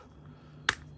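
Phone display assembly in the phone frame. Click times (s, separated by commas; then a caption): 0.7 s. An iPhone 6s display assembly is pried loose from the phone frame by running a pick around the perimeter and twisting it. A sharp click at 0.7 s rings out against a quiet low hum as the display clips release and the screen pops up.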